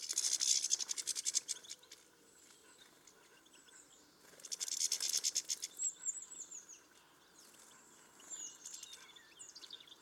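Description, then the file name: European Goldfinch calls: very high, quick twittering trills in bursts, with a short series of thin descending notes midway, over a steady hiss of background noise. "Carduelis carduelis"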